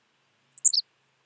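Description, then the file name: Henslow's sparrow: one quick, thin, sharply descending phrase of four clipped notes, lasting about a third of a second, against silence. "Ammodramus henslowii - Henslow's Sparrow"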